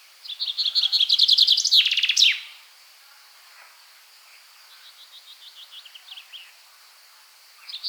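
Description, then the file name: Common chaffinch song: one loud, quick descending trill closing with an emphatic flourish, then a fainter song-like series of notes and the start of another phrase. "Fringilla coelebs"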